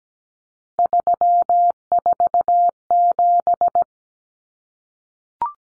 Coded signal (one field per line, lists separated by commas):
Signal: Morse code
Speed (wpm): 17 wpm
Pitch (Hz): 700 Hz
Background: none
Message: 347